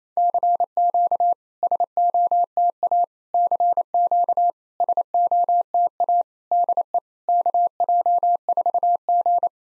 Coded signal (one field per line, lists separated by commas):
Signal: Morse code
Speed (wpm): 28 wpm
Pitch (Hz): 700 Hz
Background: none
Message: CQ SOTA CQ SOTA DE KJ4G